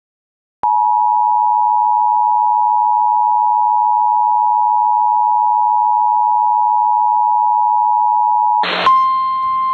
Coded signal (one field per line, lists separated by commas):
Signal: Emergency Alert System (SAME) tones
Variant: 853 and 960 Hz attention tone